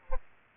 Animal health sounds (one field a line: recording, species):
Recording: mosquito wingbeat signal from an infrared sensor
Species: Aedes aegypti